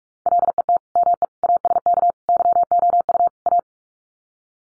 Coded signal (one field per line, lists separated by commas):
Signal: Morse code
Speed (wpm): 44 wpm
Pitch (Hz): 700 Hz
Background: none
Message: LET ME ASK YOU A